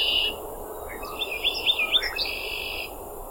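Ruby-crowned warbler song: a buzzy high note, then a quick run of thin, twittering, rising and falling notes lasting about a second, over a faint steady background hiss.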